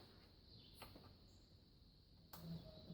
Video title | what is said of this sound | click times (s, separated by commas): How To Service A Generac XG Series Generator | Make sure you hear that click and it really locks on there. | 2.3 s